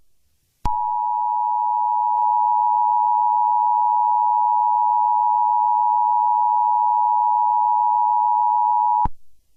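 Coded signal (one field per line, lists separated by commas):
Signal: Emergency Alert System (SAME) tones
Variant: 853 and 960 Hz attention tone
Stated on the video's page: Simulated EAS scenario for Selden, Kansas.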